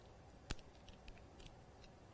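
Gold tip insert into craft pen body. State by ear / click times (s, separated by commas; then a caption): seated / 0.5 s. A gold tip insert is pushed back into the body of a craft pen and seats with a sharp little click at 0.5 s. Fainter ticks and rustles follow, and the tip is now clicked into place.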